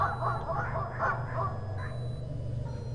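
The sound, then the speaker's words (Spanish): A faint, distant squeaking like a Christmas toy, several short nasal honks in an uneven run during the first two seconds, heard behind and below on the path leading to the stream, fading out over a steady low hum. No one speaks. “Era un sonido como de juguete de Navidad que se escuchaba atrás, abajo, en el sendero que daba hacia el arroyo.”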